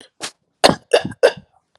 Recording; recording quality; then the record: shallow voluntary cough; excellent, no background noise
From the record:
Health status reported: healthy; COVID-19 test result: negative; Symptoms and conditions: fatigue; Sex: male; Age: 34 years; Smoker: yes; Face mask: not worn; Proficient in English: no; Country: France